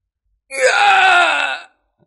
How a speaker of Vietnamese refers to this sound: Một tiếng hét thảm cuối cùng truyền ra.